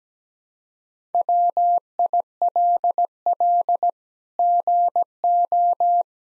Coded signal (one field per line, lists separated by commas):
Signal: Morse code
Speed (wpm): 17 wpm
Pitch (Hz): 700 Hz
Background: none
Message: WILL GO